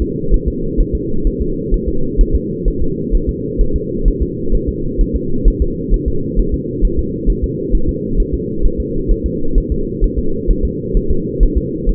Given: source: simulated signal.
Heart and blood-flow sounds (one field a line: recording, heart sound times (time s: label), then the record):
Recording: fetal heart sounds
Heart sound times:
0.02 s: S2
0.34 s: S1
0.48 s: S2
0.80 s: S1
0.95 s: S2
1.27 s: S1
1.42 s: S2
1.74 s: S1
1.88 s: S2
2.21 s: S1
2.35 s: S2
2.68 s: S1
2.82 s: S2
3.15 s: S1
3.29 s: S2
3.61 s: S1
3.76 s: S2
4.08 s: S1
4.22 s: S2
4.55 s: S1
4.69 s: S2
5.01 s: S1
5.16 s: S2
5.48 s: S1
5.62 s: S2
5.94 s: S1
6.08 s: S2
6.39 s: S1
6.54 s: S2
6.85 s: S1
6.99 s: S2
7.30 s: S1
7.44 s: S2
7.75 s: S1
7.89 s: S2
8.20 s: S1
8.34 s: S2
8.65 s: S1
8.80 s: S2
9.11 s: S1
9.26 s: S2
9.58 s: S1
9.72 s: S2
10.04 s: S1
10.19 s: S2
10.51 s: S1
10.65 s: S2
10.97 s: S1
11.11 s: S2
11.43 s: S1
11.58 s: S2
11.89 s: S1
From the record:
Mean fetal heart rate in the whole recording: 130 bpm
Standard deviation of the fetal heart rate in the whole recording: 2 bpm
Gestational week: 38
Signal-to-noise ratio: -8.1 dB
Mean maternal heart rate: 72 bpm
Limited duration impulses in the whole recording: absent